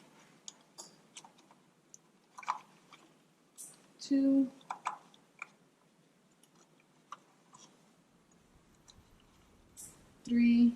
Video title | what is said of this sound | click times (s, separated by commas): Honda Accord 2013 to 2022 How to replace spark Plugs The ULTIMATE and FULL GUIDE Torque Specs | So I heard my little click here. | 0.5 s